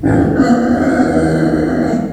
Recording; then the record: squeal of a Yucatan mini pig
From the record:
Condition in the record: after surgery on the right vocal fold (resection and tissue-engineered implant); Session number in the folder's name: 2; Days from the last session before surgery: 18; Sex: female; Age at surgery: 19 weeks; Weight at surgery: 25 kg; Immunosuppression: prednisolone